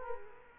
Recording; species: mosquito wingbeat signal from an infrared sensor; Culex quinquefasciatus